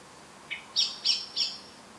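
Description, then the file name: Common blackbird calls, one softer lower note then three loud, hard, metallic chinks in quick succession. "Turdus merula"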